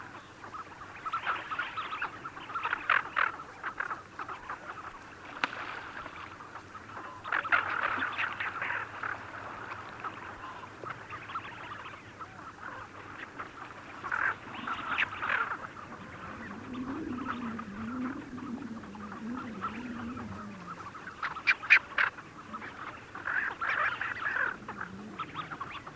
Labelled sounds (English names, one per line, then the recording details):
Tufted Duck call
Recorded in the wild
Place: Gingst, Insel Rügen, Mecklenburg-Vorpommern, DE
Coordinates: 54.534, 13.303
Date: 1977-04-09 08:30
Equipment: Nagra III BH, Sennheiser MD 21, parabola
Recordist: Schubert, Michael